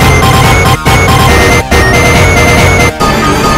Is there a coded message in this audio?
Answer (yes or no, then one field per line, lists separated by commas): no